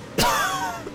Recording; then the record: coughing mixed with background sound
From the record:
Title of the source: Coughing 51